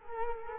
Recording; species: mosquito wingbeat signal from an infrared sensor; Culex quinquefasciatus